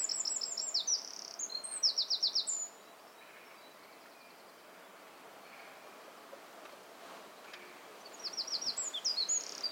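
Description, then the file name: Eurasian wren delivering a shrill, rapid-fire song of buzzy trills and chips, pausing for several seconds, then launching into another burst at the end. "Troglodytes troglodytes"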